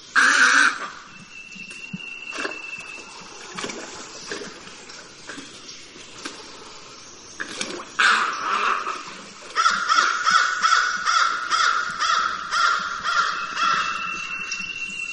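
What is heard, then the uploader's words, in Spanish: Snowy egret calls: a harsh, raspy burst opens the clip, then quieter scattered sounds and a thin steady tone follow. From about the tenth second a rapid series of loud, hoarse, pulsing croaks runs almost continuously, with a faint higher whistle near the end. Llamado de la garcita nívea (Egretta thula). Ave del nuevo mundo.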